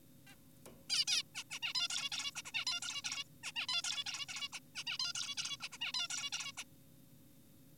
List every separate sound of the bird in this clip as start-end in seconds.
0.27-0.35, 0.90-1.05, 1.08-1.23, 1.35-1.44, 1.51-1.59, 1.63-1.74, 1.75-1.88, 1.90-2.10, 2.12-2.31, 2.36-2.42, 2.46-2.52, 2.54-2.65, 2.67-2.80, 2.82-3.02, 3.04-3.24, 3.44-3.52, 3.56-3.67, 3.69-3.82, 3.84-4.04, 4.06-4.26, 4.29-4.49, 4.53-4.60, 4.76-4.84, 4.87-4.98, 5.00-5.13, 5.15-5.35, 5.38-5.57, 5.62-5.69, 5.72-5.78, 5.81-5.92, 5.94-6.08, 6.10-6.30, 6.33-6.52, 6.58-6.64